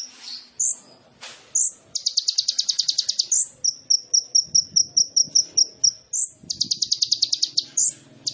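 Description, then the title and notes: Sunbird song: thin high chirps alternating with fast buzzy trills of rapid repeated notes, some sharp whistled notes between bursts, with faint low background noise. Indonesian masteran training song for songbirds; vigorous (gacor) song full of fill-in phrases (isian) and bursts (tembakan), suited for luring (pancingan). "MASTERAN KOLIBRI NINJA TERBAIK FULL ISIAN DAN TEMBAKAN MEWAH COCOK BUAT PANCINGAN. Suara Burung Kolibri Ninja Gacor"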